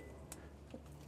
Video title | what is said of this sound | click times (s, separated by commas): etrailer - Curt 5th Wheel/Gooseneck Wiring Harness DIY Installation - 2024 Chevrolet Silverado 2500 | push it together until it clicks, and push that locking tab back down. | 0.3 s